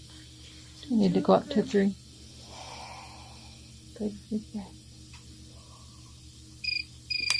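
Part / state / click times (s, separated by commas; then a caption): interlock driver on a mini dental implant screw / stripped / 7.3 s. During live surgery, an interlock driver drives a mini dental implant into bone through a surgical guide while someone talks and brief high electronic tones sound near the end. A short, sharp click at 7.3 s shows the driver is not gripping the implant tightly enough and is starting to slip around the implant head. The plan is to switch to a tighter driver or a ratchet driver.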